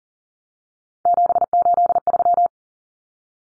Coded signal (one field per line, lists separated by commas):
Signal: Morse code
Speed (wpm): 40 wpm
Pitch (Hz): 700 Hz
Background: none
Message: 783